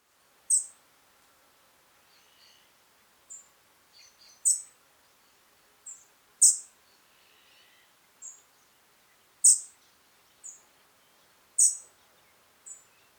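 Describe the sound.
European robin calls: a series of loud, very high, thin notes at irregular intervals, with quieter twittering between.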